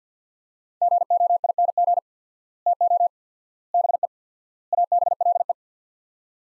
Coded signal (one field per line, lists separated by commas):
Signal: Morse code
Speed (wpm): 50 wpm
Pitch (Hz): 700 Hz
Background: none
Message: GOING TO BE ABLE